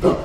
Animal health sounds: pig call; growing-finishing pig (85 days or more)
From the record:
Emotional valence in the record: positive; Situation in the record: run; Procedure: transit

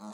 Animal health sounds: pig call; piglet (1 to 25 days)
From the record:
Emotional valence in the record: negative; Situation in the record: short isolation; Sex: male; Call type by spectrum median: low-frequency call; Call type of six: mixed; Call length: 0.14 s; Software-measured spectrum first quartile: 220 Hz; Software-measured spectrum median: 555 Hz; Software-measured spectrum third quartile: 1429 Hz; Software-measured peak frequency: 213 Hz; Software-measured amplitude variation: 52 dB a second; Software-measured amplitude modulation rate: 3.5 a second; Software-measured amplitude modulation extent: 15.0 dB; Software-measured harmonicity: 4.6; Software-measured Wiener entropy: -0.67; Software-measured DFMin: 755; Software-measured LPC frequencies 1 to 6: 817, 3775, 4256, 5872, 6556, 7209 Hz

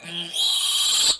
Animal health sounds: pig call; piglet (1 to 25 days)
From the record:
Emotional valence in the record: negative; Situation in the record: castration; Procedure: castration, cut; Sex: male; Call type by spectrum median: high-frequency call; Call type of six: mixed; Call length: 1.21 s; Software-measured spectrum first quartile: 3624 Hz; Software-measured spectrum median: 5324 Hz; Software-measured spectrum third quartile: 9374 Hz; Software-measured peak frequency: 3271 Hz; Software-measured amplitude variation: 110 dB a second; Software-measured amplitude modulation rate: 26.9 a second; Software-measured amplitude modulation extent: 4.1 dB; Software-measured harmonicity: 4.3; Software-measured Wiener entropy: -2.63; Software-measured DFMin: 822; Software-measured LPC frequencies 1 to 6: 1111, 3237, 3922, 4604, 7576, 10135 Hz

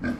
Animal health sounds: pig call; growing-finishing pig (85 days or more)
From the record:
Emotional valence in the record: negative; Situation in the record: barren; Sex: male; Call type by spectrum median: low-frequency call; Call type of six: low-frequency stable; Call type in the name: low-frequency stable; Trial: 2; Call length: 0.20 s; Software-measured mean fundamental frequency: 61 Hz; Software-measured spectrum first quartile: 233 Hz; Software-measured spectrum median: 388 Hz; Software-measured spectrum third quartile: 1284 Hz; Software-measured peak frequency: 252 Hz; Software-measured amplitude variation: 138 dB a second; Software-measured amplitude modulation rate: 12.5 a second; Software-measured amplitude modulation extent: 11.0 dB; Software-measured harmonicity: 4.0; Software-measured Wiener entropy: -1.83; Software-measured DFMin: 938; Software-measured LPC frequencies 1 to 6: 1572, 2310, 3374, 4354, 4926, 5607 Hz

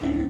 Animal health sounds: pig call; growing-finishing pig (85 days or more)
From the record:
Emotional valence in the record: negative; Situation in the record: barren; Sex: female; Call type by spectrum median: low-frequency call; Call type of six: low-frequency stable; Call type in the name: low-frequency stable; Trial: 1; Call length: 0.30 s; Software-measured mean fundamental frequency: 47 Hz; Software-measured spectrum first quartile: 228 Hz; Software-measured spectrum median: 301 Hz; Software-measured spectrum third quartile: 433 Hz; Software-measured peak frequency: 287 Hz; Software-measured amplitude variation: 168 dB a second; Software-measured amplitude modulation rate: 31.5 a second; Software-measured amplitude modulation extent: 5.3 dB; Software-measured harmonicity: 6.2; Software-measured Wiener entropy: -0.82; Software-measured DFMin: 828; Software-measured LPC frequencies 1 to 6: 320, 1948, 3142, 4707, 5539, 6872 Hz

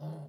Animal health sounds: pig call; piglet (1 to 25 days)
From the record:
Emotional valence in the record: negative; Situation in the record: short isolation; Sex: female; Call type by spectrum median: low-frequency call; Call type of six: low-frequency stable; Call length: 0.29 s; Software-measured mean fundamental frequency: 51 Hz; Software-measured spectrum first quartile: 153 Hz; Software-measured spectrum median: 215 Hz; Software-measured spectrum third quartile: 582 Hz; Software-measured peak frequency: 152 Hz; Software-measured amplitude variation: 69 dB a second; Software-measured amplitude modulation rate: 12.2 a second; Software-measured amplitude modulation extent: 5.7 dB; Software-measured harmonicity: 5.9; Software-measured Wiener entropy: -0.56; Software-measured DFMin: 974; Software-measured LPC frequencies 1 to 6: 661, 3485, 4357, 5065, 5862, 7075 Hz

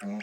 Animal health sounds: pig call; piglet (1 to 25 days)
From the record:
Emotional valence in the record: negative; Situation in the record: long isolation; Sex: male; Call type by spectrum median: low-frequency call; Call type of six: mixed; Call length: 0.23 s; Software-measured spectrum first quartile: 206 Hz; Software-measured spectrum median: 372 Hz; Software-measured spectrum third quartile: 1287 Hz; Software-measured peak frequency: 209 Hz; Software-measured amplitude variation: 48 dB a second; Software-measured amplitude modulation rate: 10.9 a second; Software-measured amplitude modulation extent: 4.4 dB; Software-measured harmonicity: 8.2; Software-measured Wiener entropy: -1.71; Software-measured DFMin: 1173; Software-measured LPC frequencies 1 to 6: 1670, 2289, 2798, 3860, 4841, 5522 Hz

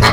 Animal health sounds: pig call; piglet (1 to 25 days)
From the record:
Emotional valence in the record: positive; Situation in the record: reunion after long isolation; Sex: male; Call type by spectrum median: low-frequency call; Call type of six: low-frequency tonal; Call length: 0.13 s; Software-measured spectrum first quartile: 324 Hz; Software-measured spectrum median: 1093 Hz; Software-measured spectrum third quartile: 2356 Hz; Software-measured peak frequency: 107 Hz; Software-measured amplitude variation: 45 dB a second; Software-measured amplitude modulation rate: 3.9 a second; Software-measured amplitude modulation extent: 11.6 dB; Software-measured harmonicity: -1.2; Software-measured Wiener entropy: -1.28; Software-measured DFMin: 1018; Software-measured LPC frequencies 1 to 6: 1068, 2030, 3190, 4220, 5178, 5940 Hz

